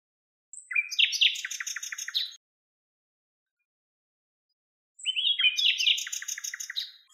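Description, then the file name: Common nightingale song in two matching phrases, each opening with a thin high whistle, then dense chattering and a rapid rattle of repeated notes, with silence between. "Luscinia megarhynchos"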